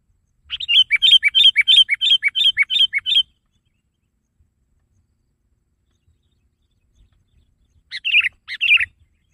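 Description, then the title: Sooty-headed bulbul giving a brisk, even series of bright notes, then silence for several seconds before a short closing burst. "kutilang"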